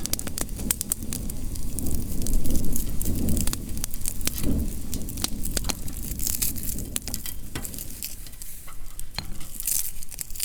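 Sounds from chestnut growing work: a dense, steady crackling and sizzling runs through the whole clip, scattered with sharp bright ticks and snaps. A low rumbling undertone swells around the second to fourth seconds, then settles slightly quieter.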